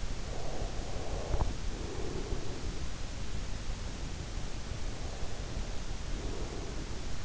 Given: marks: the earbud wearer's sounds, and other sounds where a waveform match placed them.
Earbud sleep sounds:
sounds in sleep by an in-ear microphone; breath
0.18-2.77 s: breath
5.07-7.25 s: breath

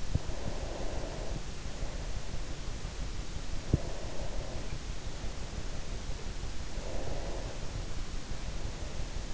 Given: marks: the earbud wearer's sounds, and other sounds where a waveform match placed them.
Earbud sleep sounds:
sounds in sleep by an in-ear microphone; breath
0.23-2.46 s: breath
3.74-5.87 s: breath
6.87-9.34 s: breath

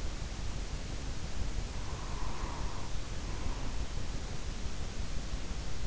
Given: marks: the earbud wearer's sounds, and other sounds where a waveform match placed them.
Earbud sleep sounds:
sounds in sleep by an in-ear microphone; breath
1.42-4.14 s: breath

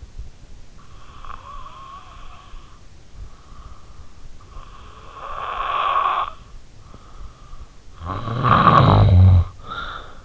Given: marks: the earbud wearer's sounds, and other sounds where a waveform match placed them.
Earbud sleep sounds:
sounds in sleep by an in-ear microphone; breath, snoring breath
0.48-2.93 s: breath
4.31-6.88 s: snoring breath
7.11-10.25 s: snoring breath

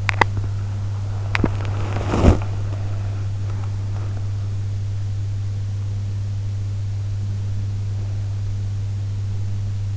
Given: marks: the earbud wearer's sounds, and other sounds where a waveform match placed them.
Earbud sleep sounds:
sounds in sleep by an in-ear microphone; teeth grinding, breath
0.00-0.33 s: teeth grinding
1.30-2.48 s: breath

